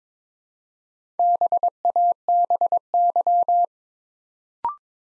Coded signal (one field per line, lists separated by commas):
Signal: Morse code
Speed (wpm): 23 wpm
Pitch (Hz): 700 Hz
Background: none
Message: BABY